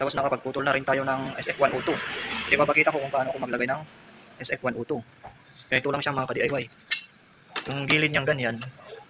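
Someone talks while handling a plastic cladding trim piece, sliding it down along its edge toward the car body it will clip into, with light clinking handling noises between the speech. Nothing has seated or clicked yet; a brief sharp sound occurs at the very end, around 9.1 s.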